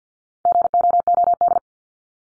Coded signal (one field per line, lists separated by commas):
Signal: Morse code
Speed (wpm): 48 wpm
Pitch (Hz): 700 Hz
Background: none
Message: GOOD